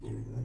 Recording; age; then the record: pig call; weaner (32 to 43 days)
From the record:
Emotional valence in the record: positive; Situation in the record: positive conditioning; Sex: female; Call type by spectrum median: low-frequency call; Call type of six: low-frequency stable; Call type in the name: low-frequency stable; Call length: 0.44 s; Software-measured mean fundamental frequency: 55 Hz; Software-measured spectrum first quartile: 108 Hz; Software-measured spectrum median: 157 Hz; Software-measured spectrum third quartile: 326 Hz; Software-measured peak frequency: 122 Hz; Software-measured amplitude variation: 121 dB a second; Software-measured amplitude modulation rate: 29.3 a second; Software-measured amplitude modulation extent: 4.1 dB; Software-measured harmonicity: -4.0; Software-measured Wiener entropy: 0.18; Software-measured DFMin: 854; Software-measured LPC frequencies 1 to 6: 1897, 2787, 3490, 4350, 5738, 6351 Hz